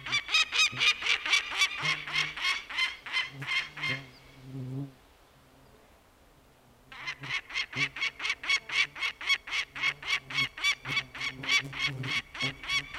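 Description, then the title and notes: Peregrine falcon alarm call: harsh, rapid cackling repeated in steady runs, breaking off briefly in the middle before resuming just as fast. Adult female at a nest in the Inari wilderness, Finnish Lapland, loudly objecting to a nest inspector's visit. "Muuttohaukan huuto kaikuu upeassa maisemassa. Inarilainen haukkaemo paheksui pesätarkastajan vierailua kuuluvasti"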